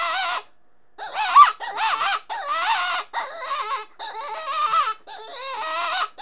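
Rabbit squeals, wailing and wavering, a brief opening cry and pause, then uneven bursts, some rising and falling sharply in pitch.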